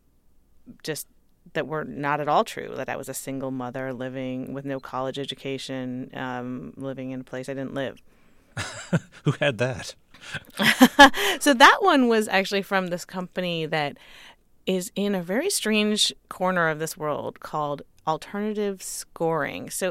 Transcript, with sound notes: just that were not at all true, that I was a single mother living with no college education, living in a place I didn't live.
(LAUGHTER)
Who had that?
(LAUGHTER)
So that one was actually from this company that is in a very strange corner of this world called alternative scoring.